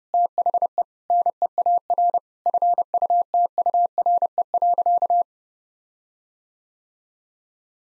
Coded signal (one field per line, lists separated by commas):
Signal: Morse code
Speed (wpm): 30 wpm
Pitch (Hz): 700 Hz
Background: none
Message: THE NEAR FUTURE.